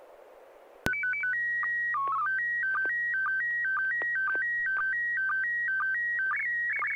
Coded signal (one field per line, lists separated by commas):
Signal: SSTV (slow-scan television)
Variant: PD 120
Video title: N6NA SSTV Net - 03/03/2021